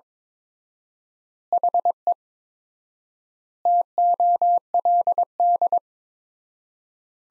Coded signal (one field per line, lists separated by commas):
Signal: Morse code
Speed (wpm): 22 wpm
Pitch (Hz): 700 Hz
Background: none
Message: HE TOLD